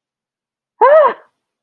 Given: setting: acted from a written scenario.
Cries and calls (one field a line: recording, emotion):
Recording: vocal sound without words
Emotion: fear